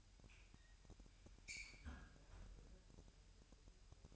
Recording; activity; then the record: daily activity, microphone in the room; close fridge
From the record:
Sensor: 2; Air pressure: 1001.8 hPa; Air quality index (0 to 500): 248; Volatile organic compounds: 38 ppm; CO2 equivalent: 3122 ppm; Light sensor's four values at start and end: 8/28/11/10 and 8/28/11/10